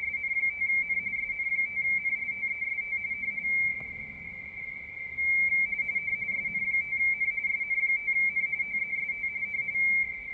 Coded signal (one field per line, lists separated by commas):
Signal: RTTY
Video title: ICOM IC-705 RTTY Decoder Easy as 123